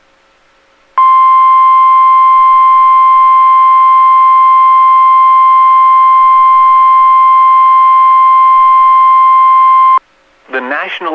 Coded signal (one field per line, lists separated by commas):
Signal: Emergency Alert System (SAME) tones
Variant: 1050 Hz attention tone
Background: speech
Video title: Double Header with Ketchup EAS Archive from 5-30-22 EAS #282-283